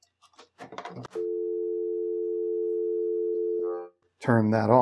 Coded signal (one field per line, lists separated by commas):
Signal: telephone call progress tone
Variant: North America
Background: speech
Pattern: dial tone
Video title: Phone Line Simulator Project Update: 2 Phones Working!